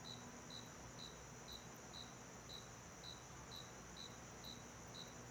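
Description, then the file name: Cricket giving regular high chirps about two per second, set against a continuous low hum. Night in a small-town backyard, with an air conditioner running. "Ambiencia quintal de cidade pequena a noite com grilo, ar condicionado e musica longe"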